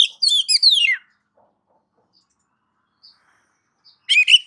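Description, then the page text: Oriental magpie-robin giving a short burst of sliding, falling whistles. A long silence follows, broken by a few faint ticks, then a brief new chirping burst. Female calling a male; masteran tutor sound for training kept magpie-robins. "Kacer betina memanggil jantan. Suara Masteran Burung Kacer"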